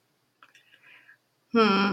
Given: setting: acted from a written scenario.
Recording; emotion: vocal sound without words; shame